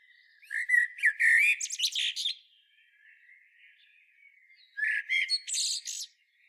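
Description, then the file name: Common blackbird singing two phrases, each a mellow whistled opening followed by thin, high chattering squeaks, with a quiet pause between them. "Turdus merula"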